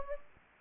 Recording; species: mosquito wingbeat signal from an infrared sensor; Anopheles gambiae